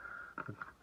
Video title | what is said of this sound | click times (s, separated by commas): AXIAL SCX24 UPGRADES | kind of i mean they got this they snap right in | 0.4 s, 0.6 s